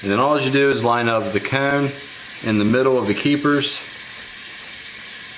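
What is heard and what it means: Someone talks while lining up the cone of a Snap-on valve keeper install tool in the middle of the valve keepers on a valve spring retainer, ready to press down, while installing valve springs on an 850hp MR2 build. A steady hiss fills the pauses and continues after the speech stops around 3.8 seconds. Nothing has been pressed, seated or clicked yet.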